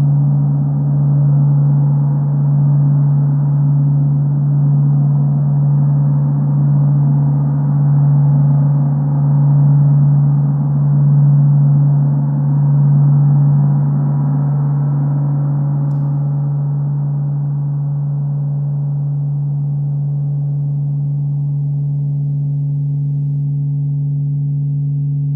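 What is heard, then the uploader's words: A singing bowl rings with a strong, steady low hum and a shimmer of softer overtones above it. For the first fifteen seconds the tone pulses gently in a slow wavering beat. Afterward it settles and slowly fades, staying smooth and continuous to the end. Sound Bath with Moses Love at Tropical Yoga in Miami Beach, Florida.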